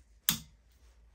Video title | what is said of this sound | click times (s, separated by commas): Sostituzione spazzole Renault clio 3 #bosch | un clac per fatto | 0.3 s